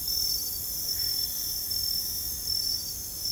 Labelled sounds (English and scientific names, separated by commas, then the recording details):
none
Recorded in secondary vegetation near Puerto Asís, Putumayo, Colombia, on 20 December 2024 at 23:00
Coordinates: 0.468, -76.324
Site G095